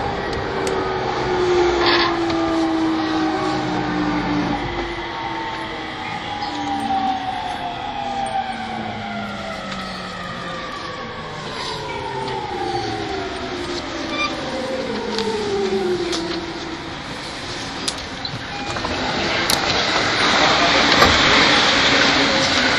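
An E231 series Yamanote Line train runs with a steady rumble, motor whine sliding down in pitch, then hissing brightly near the end.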